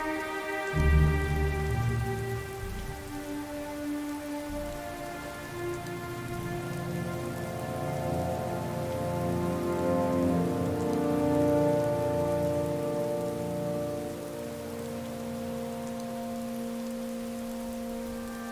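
Rainy ambience with steady rain under sustained, layered low music tones that swell around the first second and hold throughout.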